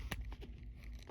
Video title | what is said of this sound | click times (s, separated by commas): 007 and the Big Cinema lens | I'm going to turn this back out a little bit till I hear it snap. | 0.1 s